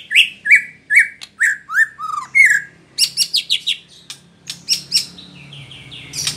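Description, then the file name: White-rumped shama song: a run of short, downward-slurred whistled notes, then a quick burst of sharp, high chipping notes and trills. Female. "murai batu betina"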